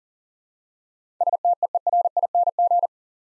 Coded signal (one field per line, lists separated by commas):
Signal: Morse code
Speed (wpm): 39 wpm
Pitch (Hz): 700 Hz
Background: none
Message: STEERING